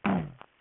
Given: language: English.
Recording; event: throat vibration sensor signal played as sound; throat clearing